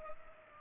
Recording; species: mosquito wingbeat signal from an infrared sensor; Culex pipiens